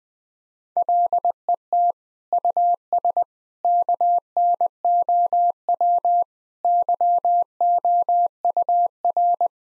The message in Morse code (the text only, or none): LET US KNOW YOUR